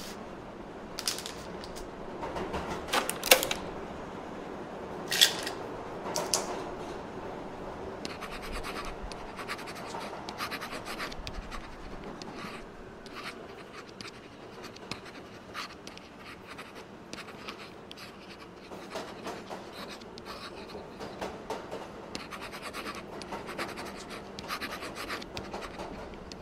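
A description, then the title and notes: Train background noise holds a steady low rumble under the whole recording, even. Over it come frequent small scratching and tapping sounds, like pen on paper and typing. A few louder rustling bursts in the first six seconds sound like pages being flicked. Loki & Sylvie Train to Evacuation Vessel Ambience. This audio features train background noise, the sound of typing, pen scratching on paper and pages flicking.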